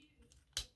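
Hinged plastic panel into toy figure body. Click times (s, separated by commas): 0.6 s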